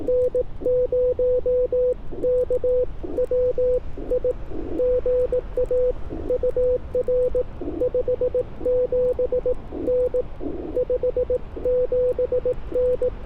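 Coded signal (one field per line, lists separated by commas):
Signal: Morse code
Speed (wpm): 20 wpm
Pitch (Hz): 500 Hz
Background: radio noise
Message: N0KWI GA UR 57N 57N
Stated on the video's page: Morse at 18 wpm during a POTA CW activation from a state park, IC-705 with Ashi paddle and homebrew 49:1 inverted-vee.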